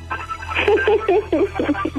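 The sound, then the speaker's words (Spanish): A thin, tinny voice plays through a small phone speaker, its speech narrow and boxy, over a steady low electrical hum that runs throughout. “No, aquí está mi hija y estoy escuchando un celular.”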